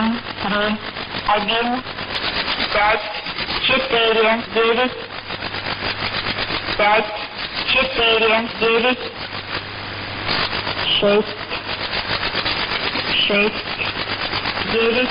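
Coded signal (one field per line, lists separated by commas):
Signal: numbers station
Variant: S06s Russian Lady, Russian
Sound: a woman's voice reading short word groups in Russian over shortwave noise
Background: radio static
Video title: 02 10 2017 Numbers station S06s Russian Lady in Russian to Eu 1200 on 9145 unknown tx site in CUSB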